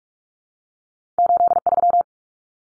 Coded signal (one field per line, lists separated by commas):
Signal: Morse code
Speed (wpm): 44 wpm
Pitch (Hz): 700 Hz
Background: none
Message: 83